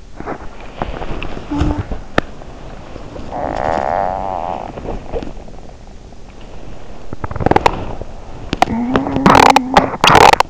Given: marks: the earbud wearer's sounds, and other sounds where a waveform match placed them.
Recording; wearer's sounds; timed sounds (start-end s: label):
sounds in sleep by an in-ear microphone; teeth grinding, body movement, talking in sleep
0.00-0.53 s: teeth grinding
0.62-5.36 s: body movement
0.73-1.46 s: teeth grinding
1.46-1.96 s: talking in sleep
2.06-2.40 s: teeth grinding
3.21-5.29 s: talking in sleep
6.24-9.27 s: body movement
7.08-7.74 s: teeth grinding
8.44-10.50 s: teeth grinding
8.68-9.96 s: talking in sleep